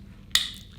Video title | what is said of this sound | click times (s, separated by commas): Incase Diamond Wire Reform Sling Pack Review (Initial Thoughts) | snaps right into place holds real solid | 0.4 s